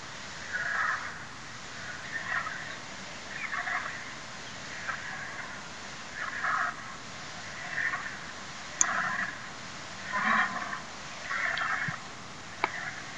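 Cape vulture calling in a faint series of short, raspy, hoarse bursts, repeated about every second and a half, over constant low hiss.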